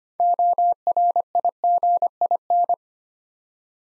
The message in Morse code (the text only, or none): ORIGIN